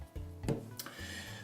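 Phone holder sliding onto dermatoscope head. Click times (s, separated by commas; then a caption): 0.5 s, 0.8 s. A Heine IC 1 dermatoscope's phone holder is slid onto the dermatoscope head along its sliders, with a soft rubbing, scraping slide. Two sharp short clicks at 0.5 and 0.8 seconds show the holder seating and the two parts locking together.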